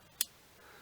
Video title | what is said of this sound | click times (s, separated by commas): SOG SwitchPlier 2.0: One-Handed Release Multi-Tool - Leatherman, Vitorinox Competition? | so now it's locked into position | 0.2 s